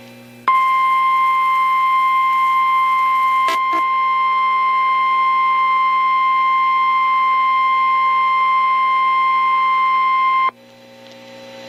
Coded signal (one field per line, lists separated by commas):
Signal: Emergency Alert System (SAME) tones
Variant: 1050 Hz attention tone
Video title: An EF6 Tornado (An EAS Scenario)